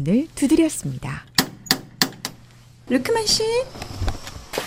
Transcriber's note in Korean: 현장음: 씨 자택